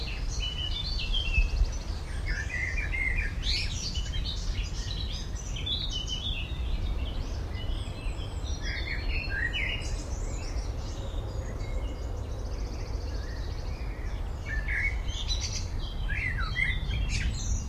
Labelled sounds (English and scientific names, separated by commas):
Common Blackbird (Turdus merula)